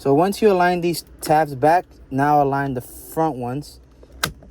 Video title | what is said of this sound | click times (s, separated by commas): Toyota RAV4 2019-21 OEM Center Console LED Ambient Lighting Lamp install LE XLE ADVENTURE TRD LIMITE | and there you go, snapped in place. | 4.2 s